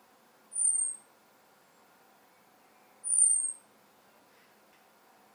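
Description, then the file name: European robin with two drawn-out, needle-thin whistled calls sliding slightly downward, about two and a half seconds apart, and the start of a third at the end. "Erithacus rubecula"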